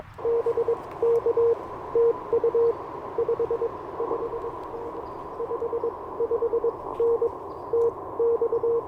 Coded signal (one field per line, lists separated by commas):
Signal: Morse code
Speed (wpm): 22 wpm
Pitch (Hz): 470 Hz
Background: none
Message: BK TU 55N 55N TX